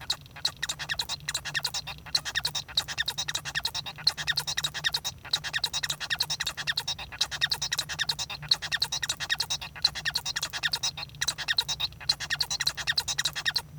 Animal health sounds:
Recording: song of a male Bengalese finch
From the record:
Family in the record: son of father 1

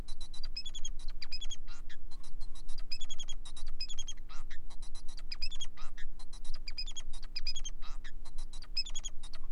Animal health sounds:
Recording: song of a male Bengalese finch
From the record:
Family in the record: son of father 4

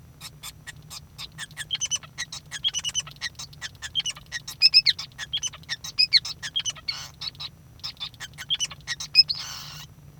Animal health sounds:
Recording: song of a male Bengalese finch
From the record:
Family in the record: son of father 5

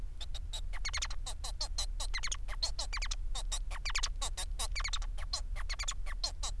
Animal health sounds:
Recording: song of a male Bengalese finch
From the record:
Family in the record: son of father 4

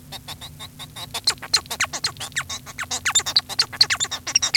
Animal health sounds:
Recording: song of a male Bengalese finch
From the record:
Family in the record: son of father 1

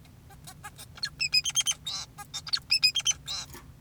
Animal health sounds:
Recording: song of a male Bengalese finch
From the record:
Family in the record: son of father 2, and himself father 4

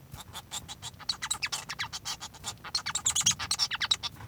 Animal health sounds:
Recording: song of a male Bengalese finch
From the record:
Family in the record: son of father 1

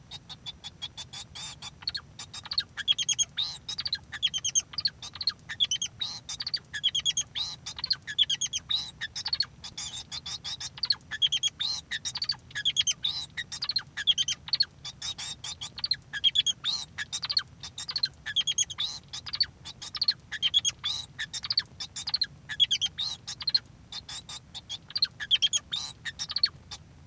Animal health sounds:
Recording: song of a male Bengalese finch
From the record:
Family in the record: son of father 2

